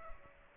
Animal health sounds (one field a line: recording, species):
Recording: mosquito wingbeat signal from an infrared sensor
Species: Aedes aegypti